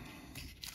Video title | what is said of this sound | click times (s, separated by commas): 18 Dupont Wire Tips and Tricks | voila you have a custom cable you just pull it till you hear the click | 0.6 s